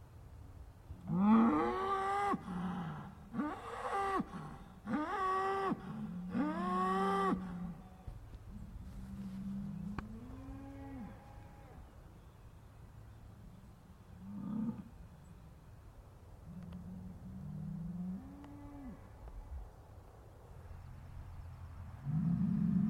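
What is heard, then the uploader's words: Cows bellow in a loud series of four moos over the first eight seconds, then softer, lower lowing follows with quieter pauses between calls. Cow Conversations. The powerful, resonant bellows that echo across the fields.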